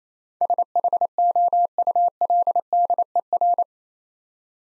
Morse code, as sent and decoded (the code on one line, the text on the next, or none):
... .... --- ..- .-.. -.. . .-.
SHOULDER